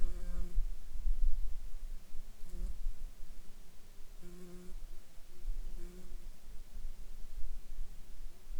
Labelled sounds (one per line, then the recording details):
insects
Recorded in Ivvavik National Park, Yukon, on 3 July 2019 at 01:45
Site SINP09